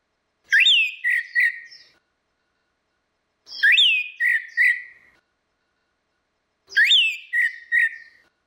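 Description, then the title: Orange-headed thrush song: three similar short phrases, each a rising whistle followed by two lower slurred notes, repeated about every three seconds. "Burung Anis Merah"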